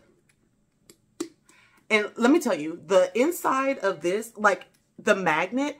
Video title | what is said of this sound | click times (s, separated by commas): Is Brandon Blackwood Luxury or Worth It? - Buy Black - ep 4 - Real leather & Exotics | you put it in a general area and do like a little thing like I just did y'all heard it it clicks it | 1.2 s